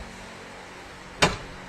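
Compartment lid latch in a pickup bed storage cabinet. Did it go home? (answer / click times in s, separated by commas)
yes / 1.2 s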